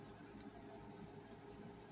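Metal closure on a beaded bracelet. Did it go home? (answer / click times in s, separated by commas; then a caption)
yes / 0.4 s. A small metal closure on a double-strand beaded charm bracelet is swung shut with pliers in a tight space, over a steady low hum. A short, sharp click at 0.4 s marks the clasp seating closed.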